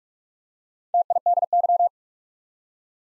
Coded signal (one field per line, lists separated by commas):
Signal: Morse code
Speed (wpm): 44 wpm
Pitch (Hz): 700 Hz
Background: none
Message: TIDY